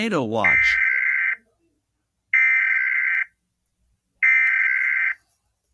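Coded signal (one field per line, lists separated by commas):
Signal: Emergency Alert System (SAME) tones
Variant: header bursts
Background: speech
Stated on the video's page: Simulated EAS scenario alert tones, not a real broadcast.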